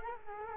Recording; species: mosquito wingbeat signal from an infrared sensor; Culex quinquefasciatus